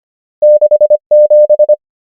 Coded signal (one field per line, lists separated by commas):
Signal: Morse code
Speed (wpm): 25 wpm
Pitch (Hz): 600 Hz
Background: none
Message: 6 7